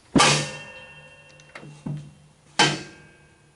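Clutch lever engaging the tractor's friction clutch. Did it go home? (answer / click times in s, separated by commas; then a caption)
yes / 2.6 s. A John Deere A tractor's clutch lever is engaged again, snapping over center to engage the friction clutch. A loud metallic clang with a ringing tail at 0.2 s is followed by two softer knocks near 1.6 s and 1.9 s. The lever then clicks firmly into engagement at 2.6 s, with a bright ringing decay.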